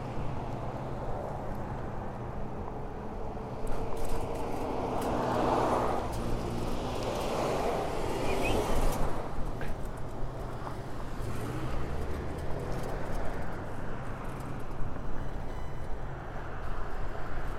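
A bike ride from Orchard Beach, with a steady low rumble and rushing wind that holds throughout. Around four seconds in the sound swells and brightens for several seconds, then settles back to a constant churning hum with faint clicks and rattles.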